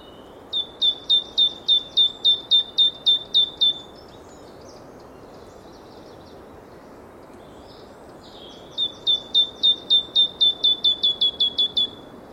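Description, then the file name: Great tit delivering two long runs of rapid, evenly spaced whistled notes, each sliding down then holding, with a quiet gap of several seconds between runs. "Parus major"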